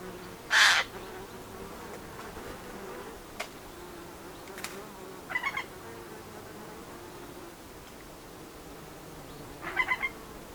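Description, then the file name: Eurasian jay opening with a single loud, rasping screech, then two brief clicky rattles several seconds apart, with faint ticks in between against a quiet hiss. "Garrulus glandarius"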